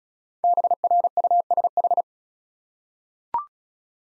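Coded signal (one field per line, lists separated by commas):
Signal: Morse code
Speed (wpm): 34 wpm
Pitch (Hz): 700 Hz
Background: none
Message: BRUSH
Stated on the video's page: Morse practice set of easy words at 28 wpm, speed-racing with contextual hints.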